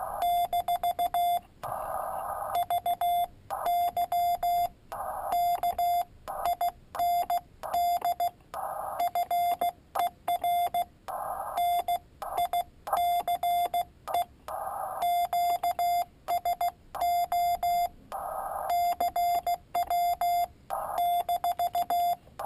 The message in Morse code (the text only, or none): - VY KIND FER NICE QSO CW -